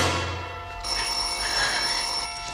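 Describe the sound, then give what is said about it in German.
A telephone rings in a short crime radio play, with a bright, sustained electronic bell tone, steady and continuous with strong high harmonics, heard alone without any voices. “Es sind Kurzhörspiele aus zwei verschiedenen Sendeanstalten, aber beide stammen aus der Kategorie Frauen in einsamen Häusern allein am Telefon.”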